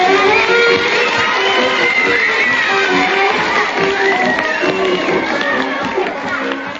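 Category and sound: crowd, children cheering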